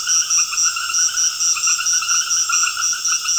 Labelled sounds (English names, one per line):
none